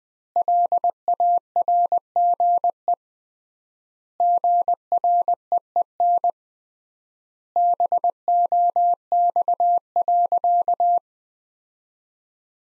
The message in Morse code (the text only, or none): LARGE GREEN BOX.